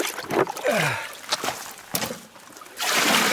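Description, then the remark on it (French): River water splashes and gurgles in uneven bursts into a large container being filled from the river for flotation, with a few hollow sliding tones and a louder rushing pour near the end. “Donc voilà, je vais préparer le matériel et la première chose à faire, c'est de remplir le grand récipient qui va servir à faire la flottation. Avec toute la rivière.”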